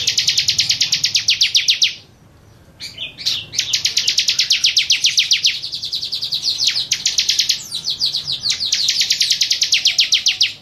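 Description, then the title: Bar-winged prinia song: long, fast, high-pitched trills of repeated ticking notes, broken by one brief silent pause near the start. "Suara Burung Ciblek"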